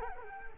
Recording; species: mosquito wingbeat signal from an infrared sensor; Culex quinquefasciatus